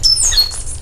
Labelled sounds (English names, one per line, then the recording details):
Stitchbird song
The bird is a male
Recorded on Tiritiri Matangi Island, New Zealand, in 2005
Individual 20, of nest box 28